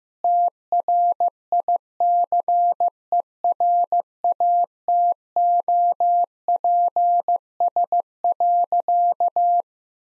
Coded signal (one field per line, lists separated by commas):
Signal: Morse code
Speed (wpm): 16 wpm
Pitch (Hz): 700 Hz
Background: none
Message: TRICERATOPS.